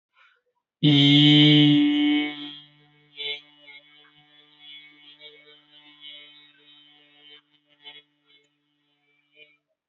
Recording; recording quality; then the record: sustained vowel as in beet; excellent, no background noise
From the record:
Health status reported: healthy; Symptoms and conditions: none ticked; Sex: male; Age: 21 years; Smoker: not ticked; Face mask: not worn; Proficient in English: yes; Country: India